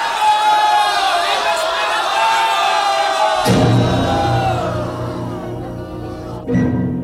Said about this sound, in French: En un instant, l'échelle fut dressée et appuyée contre la balustrade. À la suite de Jean Frollo, la foule des truands se pressa pour gravir les roides échelons. À mort, Quasimodo ! Vive Esmeralda !